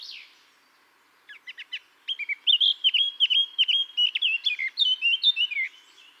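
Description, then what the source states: Eurasian blackcap song: a few short ticking notes, then a fast, clear fluting warble of varied whistles rising and falling for about four seconds. Recorded in Garching on 17 June 2014.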